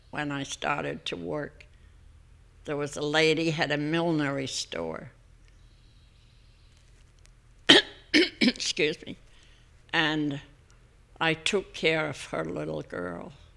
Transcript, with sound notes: when I started to work. There was a lady who had a millinery store. ( she coughs ) Excuse me. And I took care of her little girl,